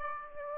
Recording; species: mosquito wingbeat signal from an infrared sensor; Aedes aegypti